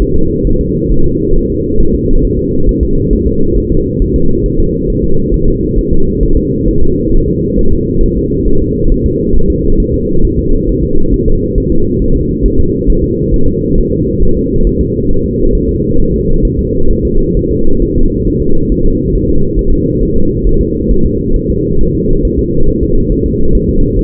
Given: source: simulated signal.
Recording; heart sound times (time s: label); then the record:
fetal heart sounds
0.02 s: S1
0.16 s: S2
0.47 s: S1
0.61 s: S2
0.92 s: S1
1.06 s: S2
1.36 s: S1
1.50 s: S2
1.80 s: S1
1.94 s: S2
2.24 s: S1
2.39 s: S2
2.69 s: S1
2.83 s: S2
3.13 s: S1
3.27 s: S2
3.58 s: S1
3.72 s: S2
4.02 s: S1
4.16 s: S2
4.46 s: S1
4.60 s: S2
4.90 s: S1
5.04 s: S2
5.34 s: S1
5.48 s: S2
5.78 s: S1
5.92 s: S2
6.23 s: S1
6.37 s: S2
6.68 s: S1
6.82 s: S2
7.14 s: S1
7.28 s: S2
7.59 s: S1
7.73 s: S2
8.03 s: S1
8.17 s: S2
8.48 s: S1
8.62 s: S2
8.92 s: S1
9.06 s: S2
9.36 s: S1
9.50 s: S2
9.80 s: S1
9.94 s: S2
10.25 s: S1
10.39 s: S2
10.69 s: S1
10.83 s: S2
11.14 s: S1
11.28 s: S2
11.58 s: S1
11.72 s: S2
12.02 s: S1
12.16 s: S2
12.45 s: S1
12.60 s: S2
12.90 s: S1
13.04 s: S2
13.34 s: S1
13.48 s: S2
13.78 s: S1
13.92 s: S2
14.23 s: S1
14.37 s: S2
14.67 s: S1
14.81 s: S2
15.11 s: S1
15.25 s: S2
15.55 s: S1
15.69 s: S2
16.00 s: S1
16.14 s: S2
16.45 s: S1
16.59 s: S2
16.91 s: S1
17.05 s: S2
17.37 s: S1
17.51 s: S2
17.82 s: S1
17.97 s: S2
18.27 s: S1
18.42 s: S2
18.72 s: S1
18.86 s: S2
19.15 s: S1
19.29 s: S2
19.59 s: S1
19.73 s: S2
20.02 s: S1
20.17 s: S2
20.47 s: S1
20.61 s: S2
20.91 s: S1
21.05 s: S2
21.36 s: S1
21.50 s: S2
21.81 s: S1
21.95 s: S2
22.25 s: S1
22.39 s: S2
22.69 s: S1
22.83 s: S2
23.12 s: S1
23.26 s: S2
23.55 s: S1
23.69 s: S2
23.99 s: S1
From the record:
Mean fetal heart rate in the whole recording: 135 bpm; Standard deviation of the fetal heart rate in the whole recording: 3 bpm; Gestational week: 36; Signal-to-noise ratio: -19.1 dB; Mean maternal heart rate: 72 bpm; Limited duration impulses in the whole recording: present